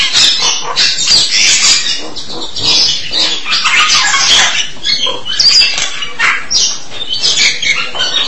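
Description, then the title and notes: Jalak (starling or myna) song of dense, scratchy chatter mixed with squeaks and short whistles, running continuously without pause. "suara burung jalak"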